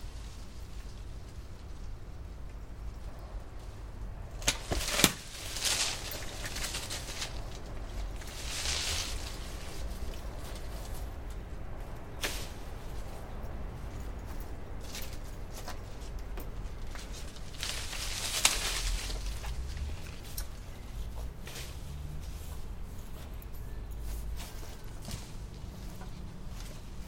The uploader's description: cutting down two small apple trees in our backyard